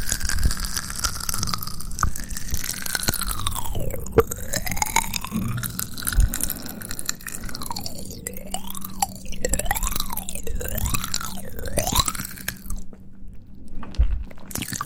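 Mouth sounds and hand sounds: wet clicks, crunchy chewing-like noises and taps scattered densely throughout. A whistled or sung tone sweeps up and down over them, swooping low around four seconds and wobbling in quick arcs from eight to twelve seconds, with a steady low hum underneath.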